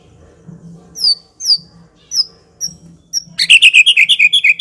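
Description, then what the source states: White-rumped shama song: a handful of high thin descending whistles, then a rapid burst of chattering notes. Long-duration lure (pikat) used to attract the birds.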